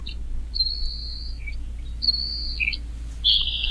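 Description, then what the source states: Saltmarsh Sparrow singing, dry high hissing buzzes repeated a few times, some followed by a lower soft note, with a constant low hum beneath. Secretive, skulking songbird restricted to salt marshes of the Atlantic and upper Gulf coasts.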